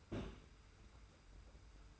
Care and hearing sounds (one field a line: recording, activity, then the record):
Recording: daily activity, microphone in the room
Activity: place on stove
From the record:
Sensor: 2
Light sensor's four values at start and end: 35/103/40/38 and 35/103/40/39